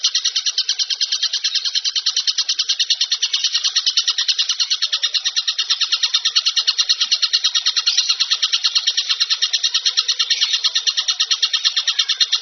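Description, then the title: Bird chatter: a long, uninterrupted rattle of fast, raspy pulses, steady in pace and volume from start to finish. Masteran compilation of bird song, described as the most complete. "Masteran burung terlengkap"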